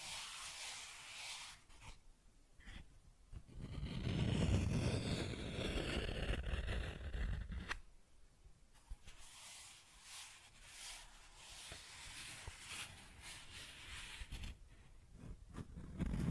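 Cardboard being scratched and rubbed in uneven bursts, with a louder, rougher tearing stretch around four to eight seconds, then quieter intermittent scraping.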